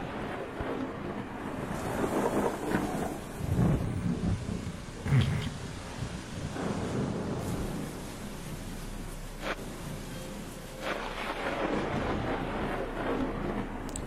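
Heavy rain and wind roar steadily, a dense wash of noise with gusts swelling and fading and a few sharper bursts, with no voices.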